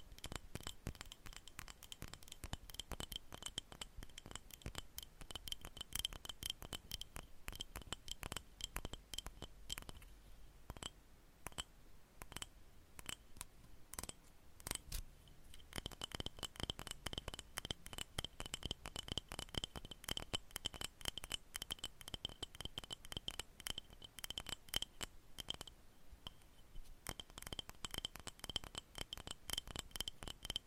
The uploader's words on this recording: ASMR Sleep Triggers - Brain Melting Scratching , Tapping , Massage Long Nails No Talking.